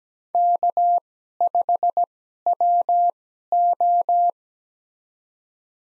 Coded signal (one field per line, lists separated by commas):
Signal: Morse code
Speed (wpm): 17 wpm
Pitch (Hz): 700 Hz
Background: none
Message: K5WO